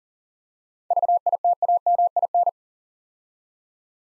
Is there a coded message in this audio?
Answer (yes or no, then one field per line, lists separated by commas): yes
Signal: Morse code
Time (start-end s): 0.9-2.5 s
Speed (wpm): 42 wpm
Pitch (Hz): 700 Hz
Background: none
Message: VITAMIN